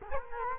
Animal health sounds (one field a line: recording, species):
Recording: mosquito wingbeat signal from an infrared sensor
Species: Culex quinquefasciatus